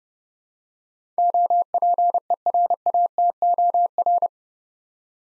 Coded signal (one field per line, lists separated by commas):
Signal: Morse code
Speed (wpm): 30 wpm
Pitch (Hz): 700 Hz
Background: none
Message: OPERATOR